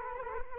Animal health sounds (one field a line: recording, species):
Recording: mosquito wingbeat signal from an infrared sensor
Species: Culex quinquefasciatus